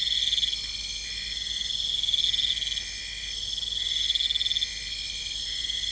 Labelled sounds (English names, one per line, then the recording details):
none
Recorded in pastures near Puerto Asís, Putumayo, Colombia, on 20 December 2024 at 23:00
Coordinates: 0.472, -76.329
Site G072